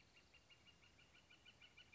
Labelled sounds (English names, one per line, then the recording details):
Northern Flicker
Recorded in Sonoma County, California